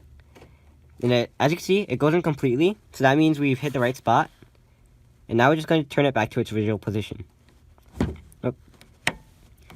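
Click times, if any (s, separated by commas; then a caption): 9.1 s. Someone talks while a turn signal bulb socket is inserted fully into the plastic front headlight housing of a second-generation Toyota Prius and twisted back to its original position. A few small taps and handling noises follow, then a sharp click at 9.1 s as the socket locks in place, seated.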